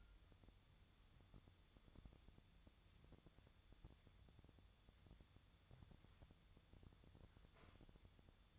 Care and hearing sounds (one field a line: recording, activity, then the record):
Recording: daily activity, microphone in the room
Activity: wipe stove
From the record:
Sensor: 3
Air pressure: 1004.8 hPa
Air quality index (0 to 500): 75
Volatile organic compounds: 2 ppm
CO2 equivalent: 1124 ppm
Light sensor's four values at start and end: 8/19/8/7 and 8/19/8/7